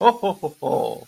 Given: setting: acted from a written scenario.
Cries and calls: vocal sound without words; amusement

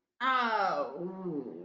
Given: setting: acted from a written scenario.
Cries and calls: vocal sound without words; sadness

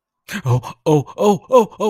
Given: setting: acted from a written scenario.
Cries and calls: vocal sound without words; distress

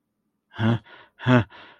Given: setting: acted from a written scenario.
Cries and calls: vocal sound without words; distress

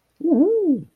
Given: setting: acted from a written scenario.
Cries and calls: vocal sound without words; triumph

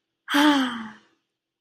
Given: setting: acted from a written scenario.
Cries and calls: vocal sound without words; contentment

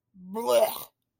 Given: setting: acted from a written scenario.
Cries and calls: vocal sound without words; contempt

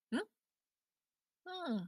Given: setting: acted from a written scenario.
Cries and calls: vocal sound without words; interest

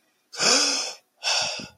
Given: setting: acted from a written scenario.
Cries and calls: vocal sound without words; realization

